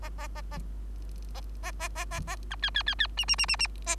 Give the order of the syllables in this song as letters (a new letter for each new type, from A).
A A A A A A A A A A B C C C C D D D D D A